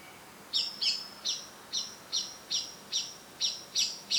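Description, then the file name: Eurasian blackbird repeating a hard, high chink in a rapid series of many notes. "Turdus merula"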